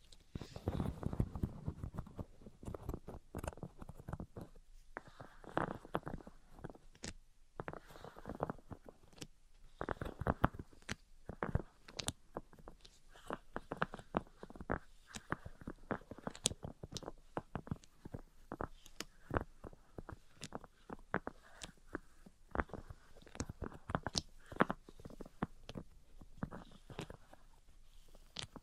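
Tapping and scratching sounds come in dense, irregular bursts of sharp clicks and rustles throughout, with brief quieter gaps near five and seven seconds.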